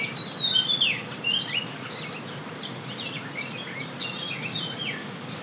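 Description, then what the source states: Birds with a bright whistled twittering phrase at the start, then softer scattered chirps over an even background hiss. Forest birds on La Palma, binaural 3D recording.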